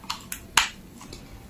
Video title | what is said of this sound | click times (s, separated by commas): How to use the Galvanic Spa SCALP Conductor - Beauty On Fleek PH | yeah so you will hear a click mine once | 0.6 s